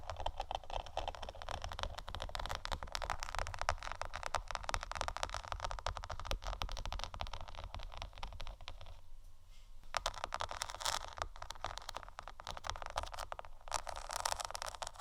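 Scratching and tapping on placemats makes a dense, constant stream of fine, rapid clicks and rasps. A steady low rumble sits underneath throughout. Around nine seconds the activity briefly thins before resuming, with a few sharper taps near ten and fourteen seconds.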